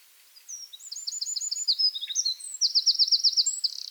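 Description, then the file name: Eurasian wren song, a loud, high, rapid outpouring of sharp notes and fast rattling trills that runs on without pause for over three seconds. "Troglodytes troglodytes"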